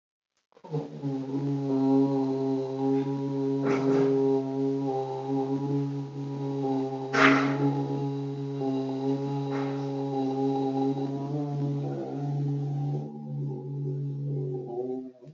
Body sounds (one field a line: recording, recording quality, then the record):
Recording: sustained vowel as in boot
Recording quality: excellent, no background noise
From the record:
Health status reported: healthy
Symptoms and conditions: none ticked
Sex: female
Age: 63 years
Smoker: not ticked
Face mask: not worn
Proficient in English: yes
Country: India